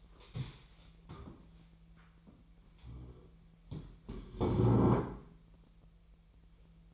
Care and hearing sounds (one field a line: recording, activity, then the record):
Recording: daily activity, microphone in the room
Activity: stand up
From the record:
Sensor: 1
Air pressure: 1002.0 hPa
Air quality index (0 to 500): 242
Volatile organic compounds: 105 ppm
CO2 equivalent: 3784 ppm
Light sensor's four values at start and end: 10/24/10/11 and 10/24/10/11